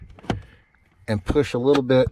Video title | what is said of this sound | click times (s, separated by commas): Ram 2500 Cabin Air Filter Replacement | on the right and you probably heard that click in place let me remove that so you can hopefully hear that again | 0.3 s